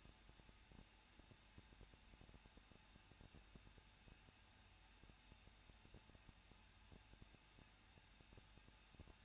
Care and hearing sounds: daily activity, microphone in the room; no activity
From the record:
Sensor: 2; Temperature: 21.0 degrees Celsius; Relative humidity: 37.5%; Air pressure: 1006.3 hPa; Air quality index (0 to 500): 223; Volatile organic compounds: 25 ppm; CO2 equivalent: 2832 ppm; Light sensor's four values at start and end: 2/3/2/2 and 2/3/2/2

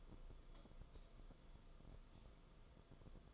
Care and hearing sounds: daily activity, microphone in the room; light off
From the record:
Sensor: 5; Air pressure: 994.5 hPa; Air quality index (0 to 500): 191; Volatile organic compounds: 1000 ppm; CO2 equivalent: 5634 ppm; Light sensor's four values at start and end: 20/51/20/23 and 19/49/20/23

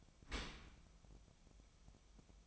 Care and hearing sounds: daily activity, microphone in the room; open dishwasher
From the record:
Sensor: 1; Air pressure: 1004.7 hPa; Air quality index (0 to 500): 119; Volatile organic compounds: 4 ppm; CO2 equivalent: 1649 ppm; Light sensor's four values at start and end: 9/21/8/9 and 9/21/8/9

